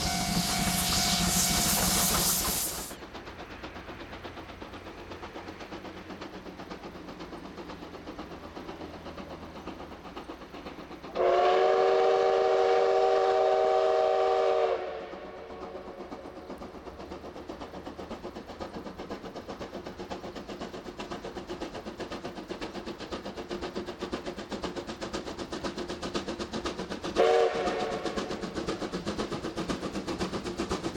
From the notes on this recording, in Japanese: 真岡鐵道を走るC12 66牽引の「SLもおか」